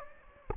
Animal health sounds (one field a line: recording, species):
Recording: mosquito wingbeat signal from an infrared sensor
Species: Anopheles gambiae